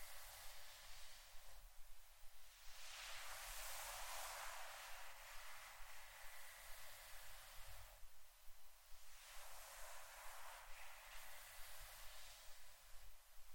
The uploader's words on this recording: ASMR Scratching & Brushing Blue Yeti Mic （No Talking）.